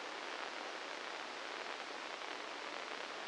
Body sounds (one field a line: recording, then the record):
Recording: brain microelectrode recording played as sound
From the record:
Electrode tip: inside the subthalamic nucleus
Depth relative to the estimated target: 1 mm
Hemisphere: left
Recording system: NeuroSet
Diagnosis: Parkinson's disease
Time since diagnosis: 9 years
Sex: male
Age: 61 years